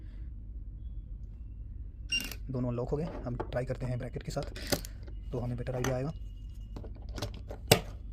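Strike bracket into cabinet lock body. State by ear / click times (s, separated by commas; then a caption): seated / 7.7 s. Someone talks while a strike bracket is pushed into the body of a Hafele Kabi-Flow electronic cabinet lock, with a few faint taps and clicks after the speech. A sharp, loud click at 7.7 s is the lock catching and latching onto the bracket, seating it as locked, and the second lock is locked too.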